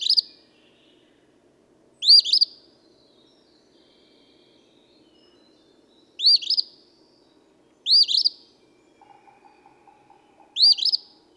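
Eastern phoebe song: five quick, raspy two-part phrases at uneven spacing, with a faint lower buzzy sound briefly audible near the end.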